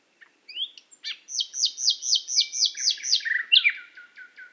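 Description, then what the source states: Nightingale song: a short flourish, then a quick series of about eight loud, evenly repeated sweeping notes, ending in lower rattling notes. Qatar.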